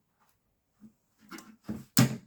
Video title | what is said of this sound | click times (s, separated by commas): A few years in the making...Bear edition :0 | nice satisfying click. | 2.0 s